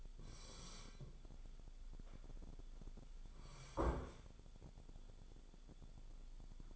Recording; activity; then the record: daily activity, microphone in the room; sit down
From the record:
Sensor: 5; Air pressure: 1015.4 hPa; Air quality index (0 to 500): 194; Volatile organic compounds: 8 ppm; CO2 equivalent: 2104 ppm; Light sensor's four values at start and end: 35/80/32/31 and 35/81/32/31